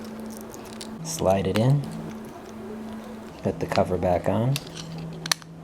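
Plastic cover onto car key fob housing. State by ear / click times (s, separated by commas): seated / 5.3 s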